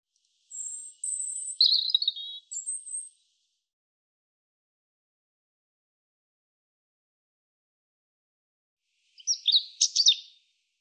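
European robin song: a quick phrase of thin, very high whistles and jumbled warbling notes, a long pause, then a shorter sparkling burst; no other sounds.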